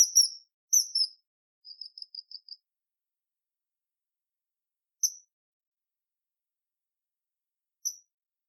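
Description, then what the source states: Common kingfisher giving sharp, shrill high whistles: a few loud notes, then a quick run of softer short peeps, then two single piercing notes spaced a few seconds apart. Recorded 22 July 2022.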